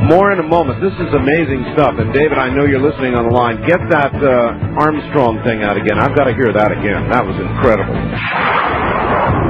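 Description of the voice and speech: An adult man talks on the radio in fluent, clear, lively speech with ordinary pitch, rate and voice quality.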